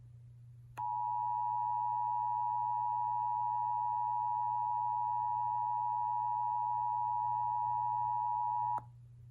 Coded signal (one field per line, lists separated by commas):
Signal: Emergency Alert System (SAME) tones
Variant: 853 and 960 Hz attention tone